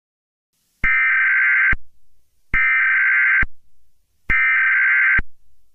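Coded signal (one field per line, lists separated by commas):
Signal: Emergency Alert System (SAME) tones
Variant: header bursts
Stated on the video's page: Fictional emergency alert scenario, not a real broadcast.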